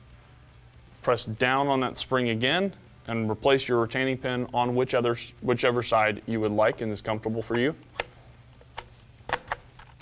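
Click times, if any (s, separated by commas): none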